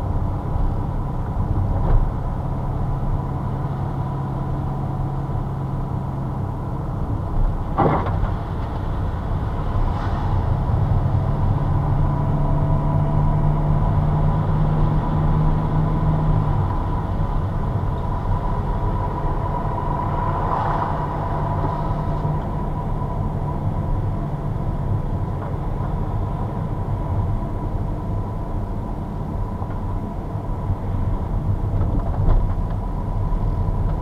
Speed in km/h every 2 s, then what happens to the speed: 34, 35, 35, 32, 31, 34, 38, 38, 36, 37, 38, 37, 36, 36, 35, 33, 33.
0-8 steady at about 34. 8-12 speeds up to 38. 12-34 steady at about 36.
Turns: none.